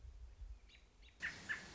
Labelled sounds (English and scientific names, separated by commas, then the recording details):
American Robin (Turdus migratorius)
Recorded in Sonoma County, California